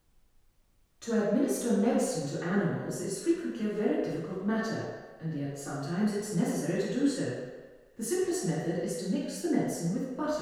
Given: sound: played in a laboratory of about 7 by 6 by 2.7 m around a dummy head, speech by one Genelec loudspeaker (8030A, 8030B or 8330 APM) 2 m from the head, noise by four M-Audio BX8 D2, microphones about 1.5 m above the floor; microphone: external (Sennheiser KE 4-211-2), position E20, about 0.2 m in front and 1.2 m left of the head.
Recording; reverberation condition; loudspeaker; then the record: female speech in English; high; 90 degrees to the right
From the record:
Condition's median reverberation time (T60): about 1300 ms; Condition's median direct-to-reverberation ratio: about -4.0 dB